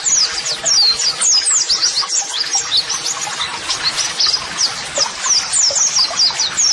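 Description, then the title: White-eye twittering song: quick high chirps and short downslurred whistles tumbling together continuously, lively and dense. Vigorously singing (gacor) white-eye; Indonesian master-song therapy meant to prompt caged birds to answer. "Pleci Gacor. JAMIN LANGSUNG NYAUT MASTERAN AUDIO TERAPI PLECI TERBARU"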